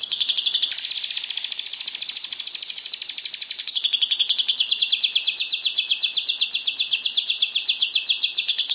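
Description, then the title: Lovebird chattering song, a continuous fast run of buzzy, high trilled notes, rapidly repeated throughout with slight shifts in loudness. National champion lovebird singing constantly with a full repertoire of fill-in song (Indonesian 'full isian gacor'). "Burung Lovebird Juara Nasional Full Isian Gacor"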